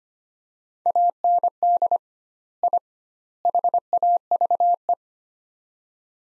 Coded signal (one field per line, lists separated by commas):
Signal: Morse code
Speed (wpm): 25 wpm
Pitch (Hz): 700 Hz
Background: none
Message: AND I HAVE